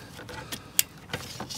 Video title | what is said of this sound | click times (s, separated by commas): Rough Idle? Clean your Throttle Body & Idle Air Control - Dodge Caravan / Chrysler Town And Country | want to hear it snap in like that and | 0.8 s